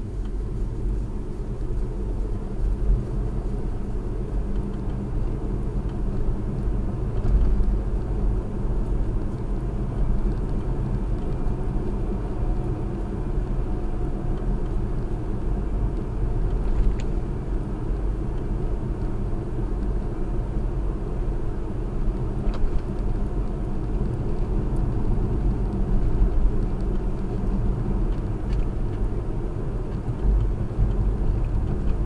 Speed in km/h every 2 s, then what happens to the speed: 50, 55, 56, 60, 61, 63, 63, 61, 61, 61, 61, 63, 61, 61, 61, 60.
0-9 speeds up to 63. 9-32 steady at about 61.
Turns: none.